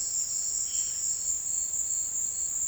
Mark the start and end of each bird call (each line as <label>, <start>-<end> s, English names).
Violaceous Jay, 0.60-1.00 s